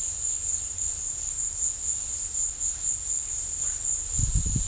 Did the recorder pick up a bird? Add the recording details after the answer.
no. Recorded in pastures near Puerto Asís, Putumayo, Colombia, on 18 December 2024 at 15:30. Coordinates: 0.496, -76.326. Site G004